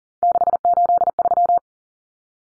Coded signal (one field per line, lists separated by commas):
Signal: Morse code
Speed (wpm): 37 wpm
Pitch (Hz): 700 Hz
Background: none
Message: 683